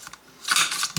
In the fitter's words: Push it forward and it locks in place.